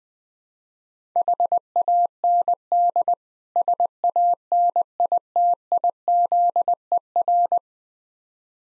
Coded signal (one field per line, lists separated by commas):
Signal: Morse code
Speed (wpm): 20 wpm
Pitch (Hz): 700 Hz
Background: none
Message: HAND SANITIZER